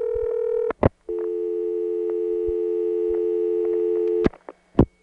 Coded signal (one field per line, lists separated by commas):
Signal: telephone call progress tone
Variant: North America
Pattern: dial tone